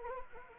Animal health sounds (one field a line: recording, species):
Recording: mosquito wingbeat signal from an infrared sensor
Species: Anopheles gambiae